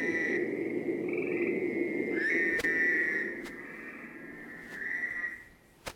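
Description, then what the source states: Fowler's toad giving drawn-out nasal buzzing calls, several in a row with short breaks, fading toward the end, with a few clicks. Played recording; call described as a nasal 'wah, wah'.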